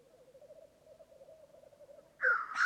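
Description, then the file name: Black grouse bubbling song, a low rolling cooing trill held steadily for about two seconds, then a loud rasping hiss breaks in near the end. "Digiffects Sound Effects Library - Black Grouse Bird"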